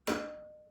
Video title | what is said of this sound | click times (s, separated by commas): How To Assemble: The LoPro Brooder | locks into place and now everything's locked into place | 0.1 s